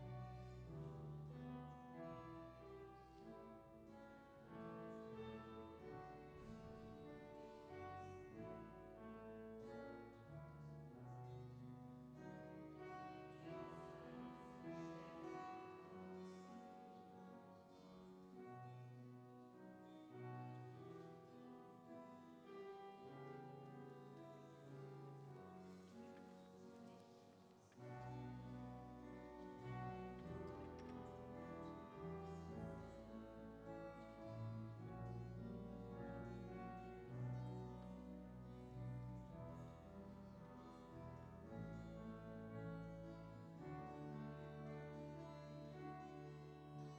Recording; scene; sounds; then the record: everyday scene through a hearing-aid microphone; reverberant space; music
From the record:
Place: church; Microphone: in the ear canal, left